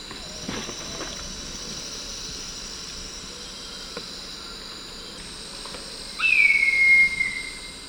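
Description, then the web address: Slate-colored hawk giving a single loud, clear whistle that slides downward, after several seconds of steady high insect buzzing. Calls, recorded in the eastern lowlands of South America. "Natures Songs S America Eastern Lowlands Leucopternis schistaceus, calls"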